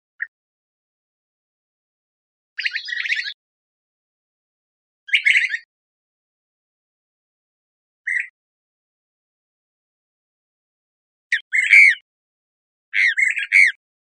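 Brown-crested flycatcher calling with scattered rough, raspy notes separated by long silent gaps.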